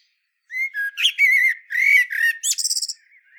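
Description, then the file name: Common blackbird producing chattering, warbled phrases with scratchy overtones, ending in a quick burst of high, twittering notes. "Turdus merula"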